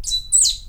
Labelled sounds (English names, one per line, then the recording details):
Stitchbird song
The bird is a male
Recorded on Tiritiri Matangi Island, New Zealand, in 2005
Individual 22, of nest box 31